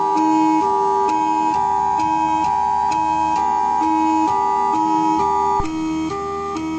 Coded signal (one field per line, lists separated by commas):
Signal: Emergency Alert System (SAME) tones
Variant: 853 and 960 Hz attention tone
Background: music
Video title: Marvel's the Avengers Eas Scenario Analog Horror